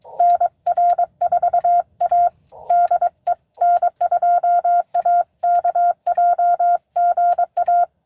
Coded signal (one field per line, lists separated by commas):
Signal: Morse code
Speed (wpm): 22 wpm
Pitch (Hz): 700 Hz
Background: none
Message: NR4A DE N2AKJ GA